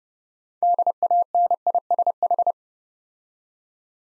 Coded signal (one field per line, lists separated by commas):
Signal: Morse code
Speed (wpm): 30 wpm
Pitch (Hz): 700 Hz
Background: none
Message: DANISH